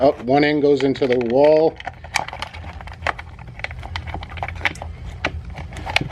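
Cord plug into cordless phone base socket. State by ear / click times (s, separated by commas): not seated / none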